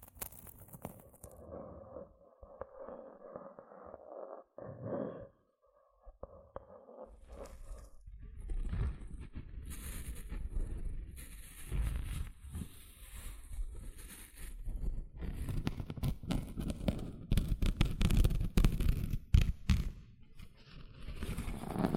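Gentle scratching sounds, opening with a soft, muffled rubbing and a faint held tone, broken by short pauses around five and six seconds. After about seven seconds the scratching becomes dense and crackly, with quick irregular strokes and hissy bursts, growing louder toward the end.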